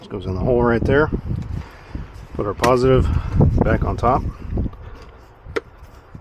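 Someone talks while handling the positive cable terminal, working it back down onto the top of a new 12 V battery in a 2016–2019 Chevy Volt. A few short knocks sound near 4.6, 4.7 and 5.6 s, but the terminal has not yet seated or clicked into place by the end.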